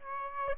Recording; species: mosquito wingbeat signal from an infrared sensor; Aedes aegypti